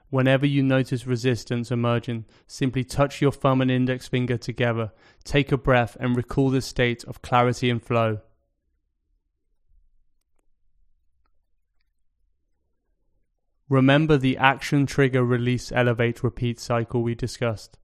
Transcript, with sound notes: Whenever you notice resistance emerging, simply touch your thumb and index finger together, take a breath, and recall this state of clarity and flow. [Pause 10 seconds] Remember the Action → Trigger → Release → Elevate → Repeat cycle we discussed.